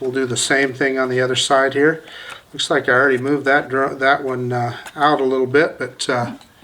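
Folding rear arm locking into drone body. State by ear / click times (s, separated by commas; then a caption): not seated / none. Someone talks while handling the rear folding arm on the second side of a Bwine F7 GB2 camera drone, which has already been moved out a little and is being pulled out toward its locked position in the drone body. The clip ends before the arm goes home, so nothing has seated or clicked yet.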